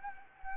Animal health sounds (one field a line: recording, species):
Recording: mosquito wingbeat signal from an infrared sensor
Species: Anopheles gambiae